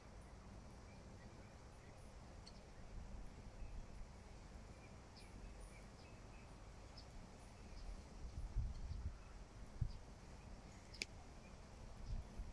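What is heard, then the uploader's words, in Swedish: Light drizzle and birdsong: a steady, soft hiss of rain with a low rumble underneath runs throughout. Brief, thin bird chirps surface now and then, scattered and faint, with one sharper high click near the eleven-second mark. Njuter av småregn och fågelkvitter.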